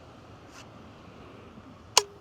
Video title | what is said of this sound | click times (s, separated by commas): DJI Mini 4 Pro & Fly More Combo - 4 Month Review - Hillarys, Western Australia - EP4 | it'll click when I hear that sound nice it's done | 2.0 s